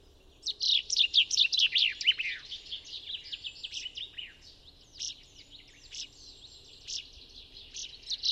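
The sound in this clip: Common chaffinch gives one fast, falling trill of sharp notes ending in a flourish, followed by softer twittering.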